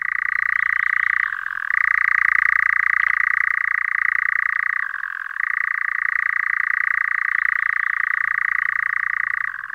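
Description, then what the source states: European Nightjar churring: an unbroken, rattling mechanical trill that briefly dips twice before resuming. Heard on early summer nights, often from sparse pine forest.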